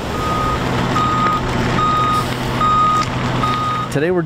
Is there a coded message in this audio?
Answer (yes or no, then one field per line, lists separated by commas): no